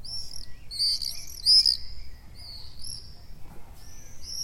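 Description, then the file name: Common swift screams, piercing high trilled notes in a few quick bursts. Calls recorded on 6 June 2014. "Mauerseglerrufe MS 06-06-2014"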